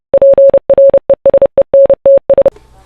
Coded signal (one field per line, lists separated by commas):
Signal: Morse code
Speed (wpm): 30 wpm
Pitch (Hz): 550 Hz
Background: none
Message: PRESENTS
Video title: Cariole AM FM Shortwave Radio